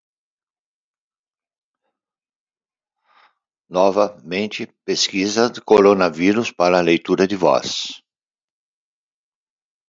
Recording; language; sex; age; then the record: short text; Brazilian Portuguese; male; 70 to 79 years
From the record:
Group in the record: control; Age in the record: 70 years